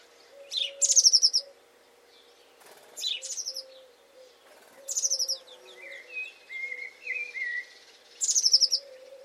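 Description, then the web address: Bird song: high, buzzy descending phrases repeated four times, with short low notes and short rising and falling notes in between. "Deverinetal 2025. Bird Only"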